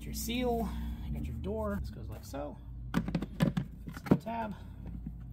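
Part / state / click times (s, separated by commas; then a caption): plastic cover panel tab into its retaining slot in the engine bay / not seated / none. On a BMW E39 M5/540i, a plastic tab on an engine bay cover panel is handled beside the hood seal as it is lined up with its retaining slot, while someone talks. A cluster of short plastic knocks and taps comes from about 3.0 to 4.1 s, with fainter ones near 4.9 and 5.1 s. The tab has not clicked into place yet, and nothing has seated.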